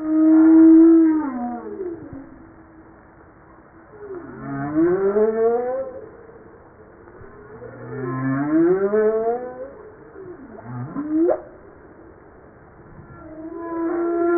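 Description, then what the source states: Humpback whale song with a held moan, then long sweeping, wavering rising calls and a sharp upward cry, phrases lasting several seconds each. Recorded 5 March 1994.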